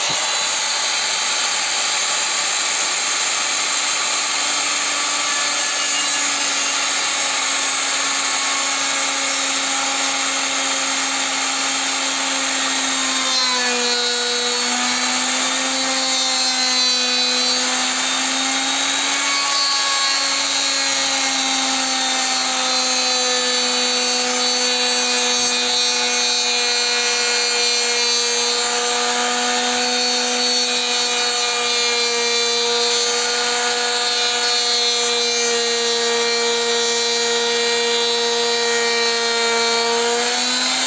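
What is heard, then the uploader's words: A steady mechanical whine runs throughout while making a wooden stand for a marble run, like a power tool held at speed. Its pitch wavers and dips slightly around fourteen to twenty seconds, then settles into an even, unbroken drone with a bright, hissing edge until the end. Making a wooden stand for marble run.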